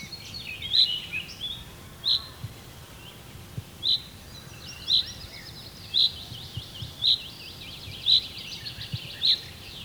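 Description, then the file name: Common chaffinch calling with short, sharp high notes repeated roughly once a second, about eight in all, over fainter high trills. "Fringilla coelebs"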